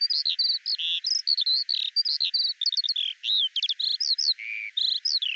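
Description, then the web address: Eurasian skylark song, unbroken fast warbling of mixed chirps, rising and falling slurs, and short clicky bursts, delivered without pause throughout. "Deverinetal 2025 File cleaned normalized Bird Al Ar"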